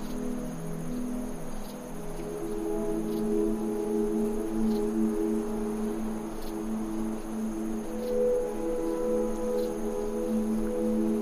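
Soft desert wind rushes steadily beneath sustained, overlapping ambient tones that hum in the low-middle range, shifting pitch slowly over the eleven seconds. A thin, high insect-like whine stays constant on top, with faint brief ticks scattered throughout.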